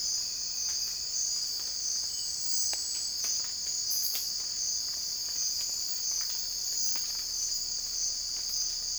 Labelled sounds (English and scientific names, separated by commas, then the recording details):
none
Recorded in secondary vegetation near Puerto Asís, Putumayo, Colombia, on 20 December 2024 at 04:00
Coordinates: 0.481, -76.318
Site G042